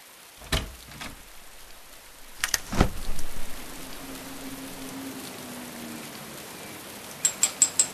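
Steady rain hisses throughout, broken by a few sharp knocks and clatters, a low humming tone in the middle, and a quick run of bright ticking clicks at the end.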